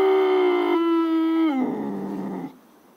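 Iberian lynx giving a loud, steady, tonal wailing cry that drops in pitch and turns rougher and lower before it stops.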